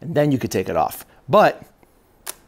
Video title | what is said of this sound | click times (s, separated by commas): This Magnetic Variable ND Filter SUCKS | goes on spins lock locks in place and I'm moving stuff | 2.3 s